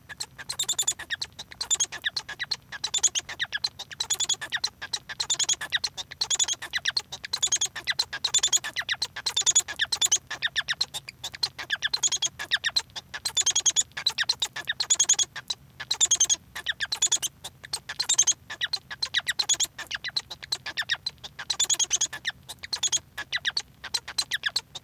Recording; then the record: song of a male Bengalese finch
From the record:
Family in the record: son of father 1